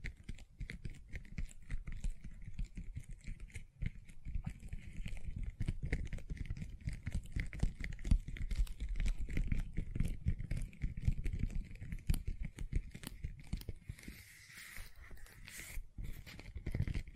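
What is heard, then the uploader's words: Gentle silicone sounds: dense, rapid soft taps and squishes run steadily throughout, with a thin constant whine underneath and slightly louder bursts near the end. ASMR Gentle Silicon Sounds for Sleep (No Talking).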